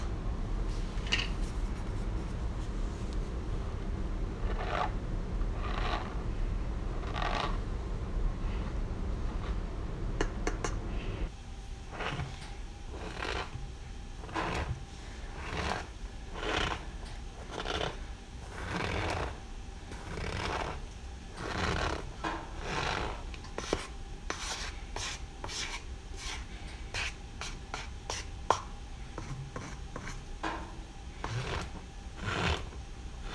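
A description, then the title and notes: Crunchy, squeaky corn starch pressed and squeezed, each squeeze a short, bright crackle. For the first ten seconds the crunches come about every two seconds over a low, steady rumble; after that the rumble drops away and the crunches come quicker and more irregularly. ASMR Radio- Crunchy Squeaky Corn Starch.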